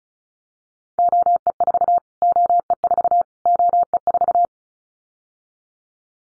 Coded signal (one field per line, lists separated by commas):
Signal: Morse code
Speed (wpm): 36 wpm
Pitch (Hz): 700 Hz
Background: none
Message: OE4 OE4 OE4